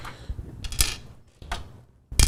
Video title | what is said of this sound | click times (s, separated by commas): LIVE: PC Build w/ Paul & Dr. Doug! | and that snapped right in there | 2.2 s